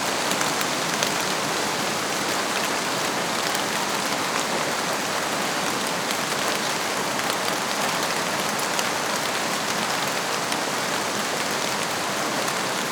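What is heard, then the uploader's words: Steady rain falls in a forest, a dense, even hiss of countless drops that holds at the same level throughout. Faint, quick ticks of individual drops striking surfaces flicker through the wash, which sits mostly in the bright upper range with little low rumble. Rain in the Forest Ambience.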